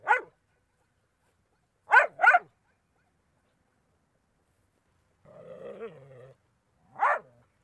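Small dog barking in sharp high yaps, single and in a quick pair, with a brief whiny moan before a final yap.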